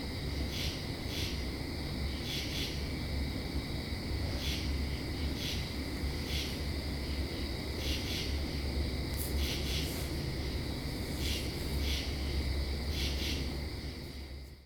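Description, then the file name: Cricket chorus as a continuous high trill, with recurring insect pulses and a deep steady rumble beneath. Night chorus recorded in October, with cicadas also calling. "October night cicadas crickets jet flyover"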